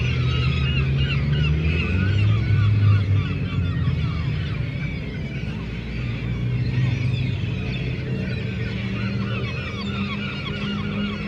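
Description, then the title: Gulls calling: a dense, overlapping chorus of short yelping and mewing calls, repeated constantly over a heavy low rumble of passing motorcycle engines. Gulls at a harbour quay in Le Tréport, France, mixed with passing motorcycles; recorded with DPA 4060 microphones in AB position into a Zoom F3. "3 Quai des Paquebots, Le Tréport, France - Seagulls"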